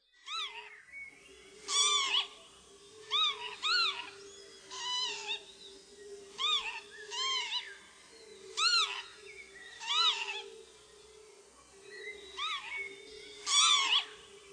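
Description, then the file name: Northern lapwing calls: arched, slurred notes rising then falling, repeated at irregular intervals over a steady low hum. "czajka"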